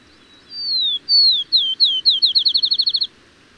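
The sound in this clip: Bird song: drawn-out falling whistles that speed up into a brisk string of short repeated notes.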